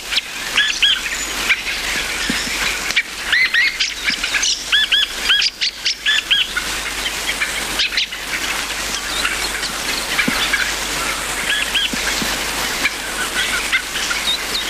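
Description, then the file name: Dusky thrush calls: short arched chirps in quick runs of a few, repeated over steady background noise. "tsugugi"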